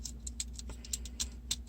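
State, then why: Seated. The two plastic leg halves of a Transformers Kingdom Core Class Hot Rod transforming robot figure are pressed together on a toothed joint. Light ticking and rattling plastic sounds run over a steady low hum, with sharp clicks at 0.4 s and 1.5 s as the halves snap into place and are seated.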